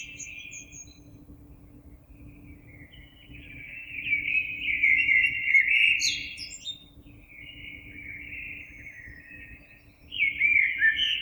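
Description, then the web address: Common blackbird song: rich, warbling whistled phrases rising into a squeaky twittered flourish, then a pause before another fluty phrase. Recorded 26 April 2022. "oiseaux Merle 2022 04 26"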